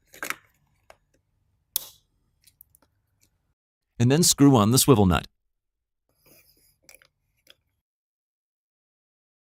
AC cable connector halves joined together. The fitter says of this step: now push the connector together till until you hear a click